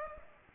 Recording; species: mosquito wingbeat signal from an infrared sensor; Aedes aegypti